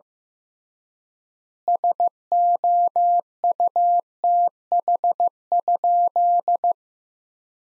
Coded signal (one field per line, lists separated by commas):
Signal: Morse code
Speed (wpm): 15 wpm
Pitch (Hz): 700 Hz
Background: none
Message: SOUTH?